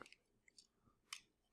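The whole front section of a plastic transforming robot toy is folded out and pressed into the toy body. A few light plastic ticks come through in the first 0.6 seconds. Then a sharp, bright click at 1.1 s marks the section seating in place.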